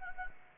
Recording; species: mosquito wingbeat signal from an infrared sensor; Anopheles arabiensis